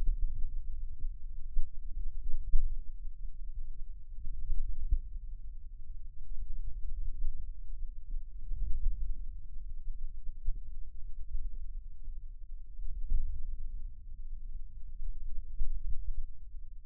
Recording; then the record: forearm muscle sounds (acoustic myography)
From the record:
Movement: ulnar deviation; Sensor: system 2, bracelet of six BSWA MPA416 microphones around the upper forearm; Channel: 1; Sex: male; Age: 22 years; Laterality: right